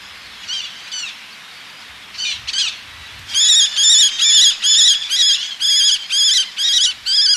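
Eleonora's falcon calls: a few softer harsh notes, a pause, then a loud regular series of grating squeals about two per second.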